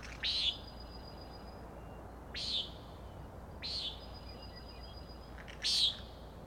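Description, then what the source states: Common nighthawk giving four rasping nasal peents at uneven gaps, while a thin steady whistle from another bird is heard faintly. Peenting calls; birds flying in close follow-the-leader formation; Schoodic Head overlook, Acadia National Park, Winter Harbor, Maine; 16 June 2017, 4am.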